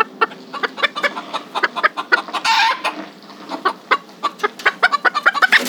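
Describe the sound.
Chicken clucks, uneven and overlapping, with a drawn-out noisy squawk partway through and faster clucking at the close.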